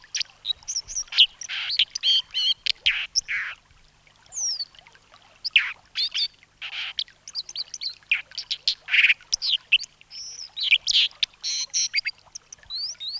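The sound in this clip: Dipper song, a fast jumble of high whistles, trills and scratchy notes with rising and falling slurs, continuing throughout with short pauses.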